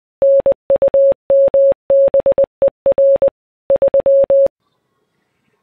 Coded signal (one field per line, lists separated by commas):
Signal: Morse code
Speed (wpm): 20 wpm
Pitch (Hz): 550 Hz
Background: none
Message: NUMBER 3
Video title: My Top 5 Shortwave Radio/Communications Receivers